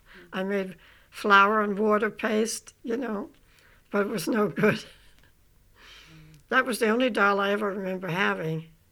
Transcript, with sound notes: I made flour and water paste, you know. But it was no good. (She laughs.) That was the only doll I ever remember having.